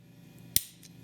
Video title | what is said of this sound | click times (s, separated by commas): Hott Boy's Garage - Ep. 25 - New TRX450R Engine Combo Part 4 - Piston Clearancing, Clocking & More | and you can hear it seat in that recess | 0.6 s